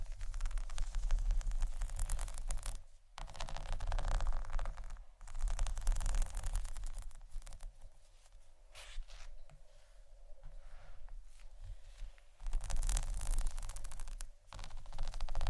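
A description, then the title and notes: Dense bursts of scratching with rapid tapping clicks, dropping to quieter gaps near three, five, and fourteen seconds, plus a low hum underneath. ASMR Scratching & Tapping For Sleep（No Talking）.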